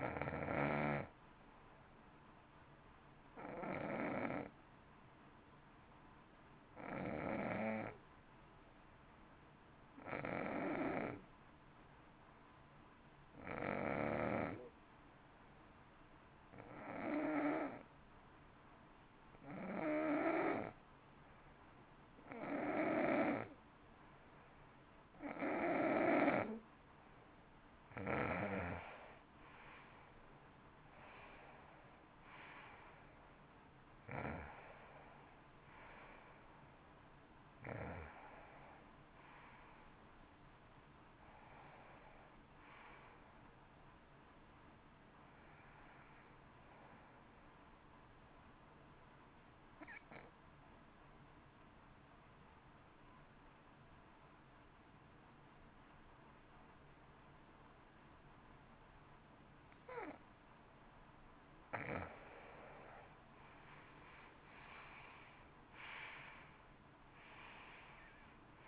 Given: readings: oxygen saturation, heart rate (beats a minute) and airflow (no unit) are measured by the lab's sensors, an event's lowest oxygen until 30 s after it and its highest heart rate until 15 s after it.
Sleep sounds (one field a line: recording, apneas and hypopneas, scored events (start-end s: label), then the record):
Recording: breathing in sleep by a voice recorder at the bedside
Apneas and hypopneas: 2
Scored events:
6.00-28.00 s: hypopnea (N2, oxygen 94% highest, then 88% lowest, heart rate 52 at the start, 66 highest)
6.00-36.00 s: new sleep stage, N2 (light sleep)
36.00-68.68 s: new sleep stage, N1 (lightest sleep)
48.00-63.40 s: hypopnea (N1, oxygen 95% highest, then 86% lowest, heart rate 59 at the start, 70 highest)
From the record:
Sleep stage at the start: N1 (lightest sleep)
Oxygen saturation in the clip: 81 to 95%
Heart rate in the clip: 52 to 67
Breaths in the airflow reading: 18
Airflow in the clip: -18.1 to 18.9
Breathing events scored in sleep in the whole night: 328 in 6.3 hours asleep